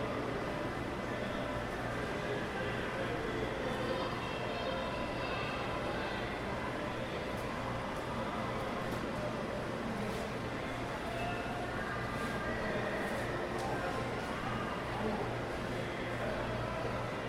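A busy indoor mall fills with the dense murmur of many people talking at once, steady and unbroken throughout. A low, constant mechanical hum runs underneath, and faint brighter clinks and taps surface now and then, especially in the second half.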